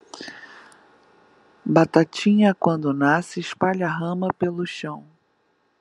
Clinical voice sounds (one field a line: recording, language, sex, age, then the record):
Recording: short text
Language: Brazilian Portuguese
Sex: female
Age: 50 to 59 years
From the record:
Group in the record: control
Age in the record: 56 years